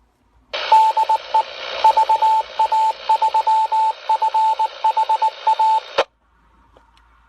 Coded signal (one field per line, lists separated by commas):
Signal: Morse code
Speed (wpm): 19 wpm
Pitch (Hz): 880 Hz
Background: radio noise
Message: DE VA3FHA